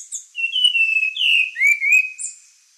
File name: Spot winged Thrush